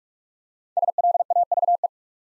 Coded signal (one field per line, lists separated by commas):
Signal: Morse code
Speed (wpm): 44 wpm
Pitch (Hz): 700 Hz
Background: none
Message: SLAVE